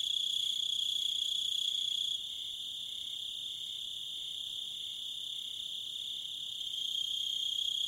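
Cricket song, a steady high continuous trill with short pulses repeating underneath, quieter in the middle before swelling again.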